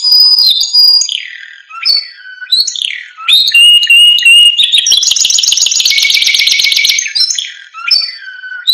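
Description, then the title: Canary song: a long, loud run of varied whistles, slurred notes and a steady tone, then a fast buzzy trill lasting about two seconds before more twittering phrases. Canary singing prolifically (gacor) with full, varied song (full isian); masteran training recording for caged lovebirds, white-rumped shamas (murai batu), canaries and green leafbirds (cucak ijo). "Masteran Kenari Gacor Full Isian Untuk Lovebird, Murai Batu, Kenari, Cucak Ijo"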